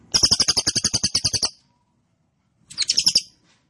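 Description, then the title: Cililin song: a fast run of high, buzzy, rasping notes, about ten per second for a second and a half, then a shorter burst of the same trill. Birdsong used to train caged birds; song style named trorol, described as konslet and gacor. "Cililin AMPUH. Cililin Trorol Konslet Gacor Banget"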